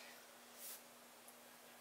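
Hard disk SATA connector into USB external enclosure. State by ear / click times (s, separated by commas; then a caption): not seated / none. A hard drive's SATA connector is handled against the connector of an Enermax USB/SATA external enclosure, being pushed in because the drive was not recognised while not fully engaged. Over a steady low hum and faint hiss, a brief bright swish is heard around 0.7 s and a tiny tick near 1.3 s. Nothing has seated or clicked yet.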